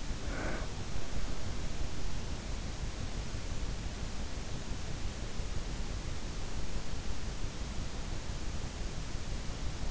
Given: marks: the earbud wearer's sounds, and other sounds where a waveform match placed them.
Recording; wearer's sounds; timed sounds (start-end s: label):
sounds in sleep by an in-ear microphone; breath
0.00-1.11 s: breath